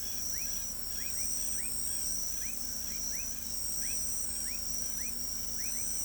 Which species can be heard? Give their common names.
none